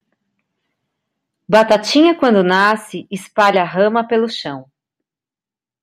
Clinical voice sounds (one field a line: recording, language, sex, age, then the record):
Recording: short text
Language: Brazilian Portuguese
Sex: female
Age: 50 to 59 years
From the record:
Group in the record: control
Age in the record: 50 years